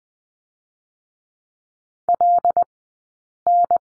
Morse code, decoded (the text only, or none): LN